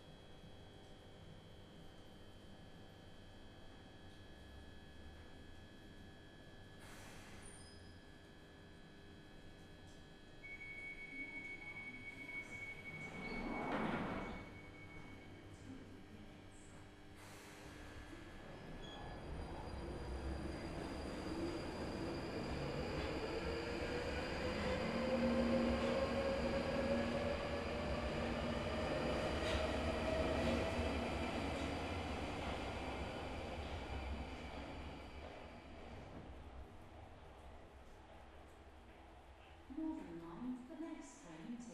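An empty Underground train runs with a steady low rumble that builds from about 20 seconds to a peak near 25–30 seconds, then eases off. High whines rise and fall through the middle, with a few sharp clanks around 7, 14 and 17 seconds, and knocks near the end.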